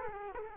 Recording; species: mosquito wingbeat signal from an infrared sensor; Culex quinquefasciatus